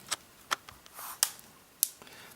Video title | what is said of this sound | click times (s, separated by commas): samsung galaxy mega 6.3 in 2021 | it snaps into place | 0.5 s, 1.2 s, 1.8 s